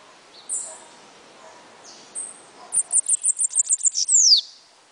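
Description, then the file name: Bananaquit song: a fast series of high, thin ticking notes ending in a bright descending buzzy sweep, preceded by scattered high squeaky notes. "Cambacica"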